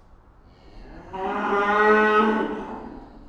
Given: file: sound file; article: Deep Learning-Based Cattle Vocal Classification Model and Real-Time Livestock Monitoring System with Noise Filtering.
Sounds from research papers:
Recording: cattle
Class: estrus call

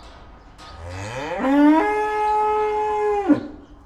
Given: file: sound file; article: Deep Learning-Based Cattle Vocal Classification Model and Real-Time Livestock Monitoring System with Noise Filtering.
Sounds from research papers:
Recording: cattle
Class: estrus call

